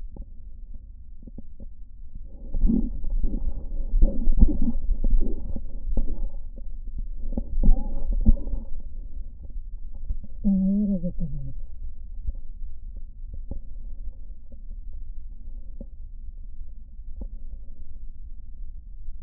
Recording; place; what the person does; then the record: lung sounds by stethoscope; right posterior basal chest; quiet breathing, then cough and speech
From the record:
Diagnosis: asthma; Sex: female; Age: 65 years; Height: 157 cm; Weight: 70.2 kg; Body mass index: 28.5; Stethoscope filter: diaphragm mode